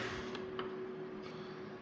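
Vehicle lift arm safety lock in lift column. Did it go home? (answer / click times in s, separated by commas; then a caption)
yes / 0.3 s, 0.6 s. A two-post vehicle lift is raised a little more until the steel safety lock on the lift arm drops into place in the lift column. Two sharp clicks sound at 0.4 s and 0.6 s over a steady hum, and the lift is locked in place.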